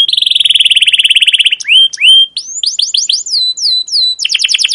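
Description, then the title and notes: Canary song opening with a rapid steady buzzing trill, followed by upswept whistles, rising chirps and a quick closing rattle of repeated notes. Captive canary; long continuous chirping song used as a tutor recording for training young canaries to learn their song. "CUIT CUIT NGEROL LANGSUNG GACOR PANJANG Kenari Ini AMPUH Utk Pancingan KENAR. PANCINGAN Kenari GACOR PANJANG Cuit CUIT EMOSI ini AMPUH utk MASTERAN Kenari PAUD belajar BUNYI. burung kenari"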